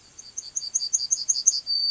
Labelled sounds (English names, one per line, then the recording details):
Yellowhammer song
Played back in grassland
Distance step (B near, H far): C
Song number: 133